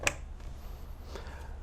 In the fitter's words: uh insert them in until they snap in place